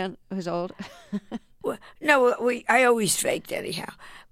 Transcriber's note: laughter